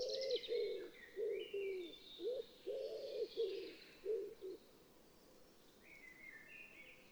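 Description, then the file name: Common wood pigeon cooing: a run of short, low, hollow coo notes, with higher chirps from other birds. "pigeons ramiers"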